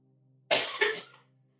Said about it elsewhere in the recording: You can hear me coughing off mic over there.